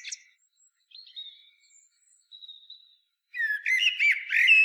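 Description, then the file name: Common blackbird: a few faint thin whistles, then a loud, rich, scratchy warbled phrase that runs to the end. "Turdus merula"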